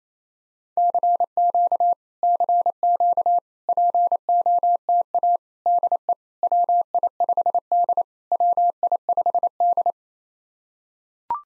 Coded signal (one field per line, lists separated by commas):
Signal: Morse code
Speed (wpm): 28 wpm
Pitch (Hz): 700 Hz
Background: none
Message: CQ CQ POTA DE WI5D WI5D